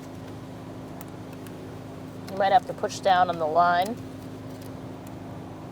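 A fuel line quick connector is handled at the fuel pump module outlet while a fuel pump assembly is replaced on a 2002–2006 Toyota Camry, over a steady low hum with faint ticks near 1.0 s and 1.5 s. Someone talks from about 2.3 s to 3.9 s. Nothing has seated or clicked yet.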